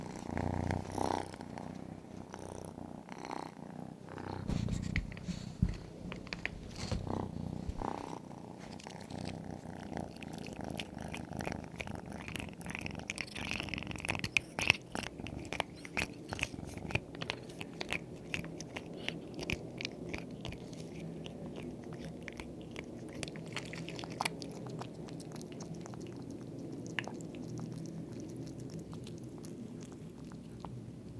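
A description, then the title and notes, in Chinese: A cat purrs steadily throughout, a low continuous rumble. Brief calls break in during the first eight seconds and again around the fifteen-second mark. Sharp little clicks and ticks scatter over the purring, thickest in the middle stretch. 这期比较特殊，是小耳朵的呼噜和叫声。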